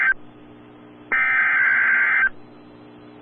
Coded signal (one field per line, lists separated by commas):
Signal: Emergency Alert System (SAME) tones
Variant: header bursts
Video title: Severe Thunderstorm Warning (Lincoln, Noble, Logan, Payne Counties, OK) (8/15/24) [EAS #1]